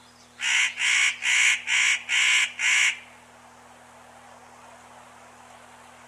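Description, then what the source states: Spotted nutcracker letting out six rapid harsh rasping calls in a tight run, followed by quiet. Recorded 25 May 1994.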